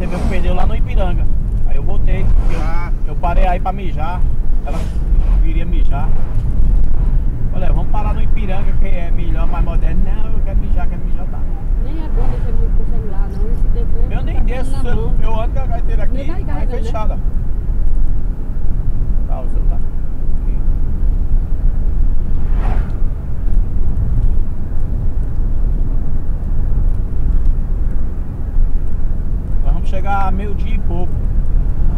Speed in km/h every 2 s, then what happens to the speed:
58, 61, 67, 72, 75, 76, 75, 73, 70, 69, 72, 72, 71, 69, 68, 68.
0-9 speeds up to 76. 9-17 slows to 69. 17-32 steady at about 69.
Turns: none.